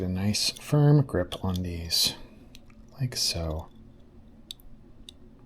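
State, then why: Seated. Someone talks while gripping a cable connector firmly and pushing it into its socket on the back of the circuit board during a flight-sim joystick base upgrade. After a quieter pause, a sharp click sounds at 4.5 s, followed by a fainter tick at 5.1 s. The connector clicks into place and is seated.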